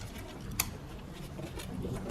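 A wiring harness connector plug on a Mercedes-Benz is flipped to the right orientation and pushed into the front SAM fuse/relay module. A single sharp click rings out at 0.6 s over low, steady background noise, and the connector is seated.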